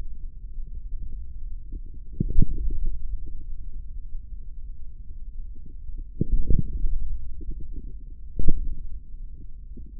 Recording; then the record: forearm muscle sounds (acoustic myography)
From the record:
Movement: hand closing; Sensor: system 3, bracelet of six PUI Audio POM-2738L microphones around the upper forearm, with dedicated amplification and filtering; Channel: 1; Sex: male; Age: 43 years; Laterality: right